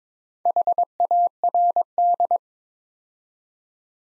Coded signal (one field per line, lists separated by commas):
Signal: Morse code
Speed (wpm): 22 wpm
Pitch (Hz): 700 Hz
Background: none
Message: HARD